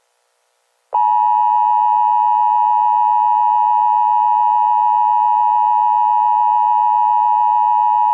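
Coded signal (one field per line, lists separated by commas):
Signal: Emergency Alert System (SAME) tones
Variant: 853 and 960 Hz attention tone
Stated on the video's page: Simulated EAS scenario tones, a fictional mini scenario made by a hobbyist.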